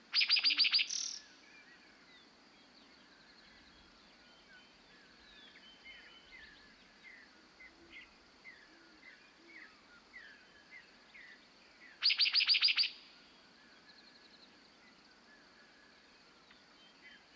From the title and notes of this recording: Dawn on an American Prairie. Conscious of surrounding ripples, the warm meadowlark song drifts in the air. Field Recording by Nick McMahan in Montana, USA.